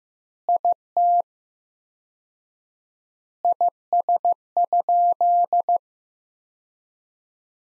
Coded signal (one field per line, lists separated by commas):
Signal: Morse code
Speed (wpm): 16 wpm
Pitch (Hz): 700 Hz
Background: none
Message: IT IS?